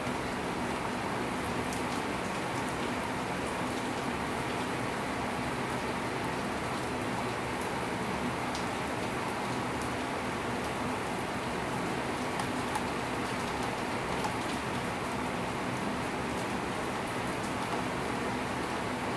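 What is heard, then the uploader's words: Steady, dense rain from an afternoon thundershower falls without pause, a thick hiss spread evenly from low to bright with tiny drop ticks scattered through it. No thunder stands out; a faint low rumble, perhaps passing traffic, sits underneath. 雨彈開炸 Afternoon thundershower.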